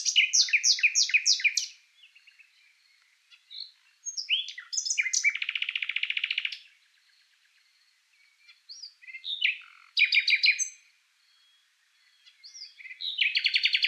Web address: Ruiseñor común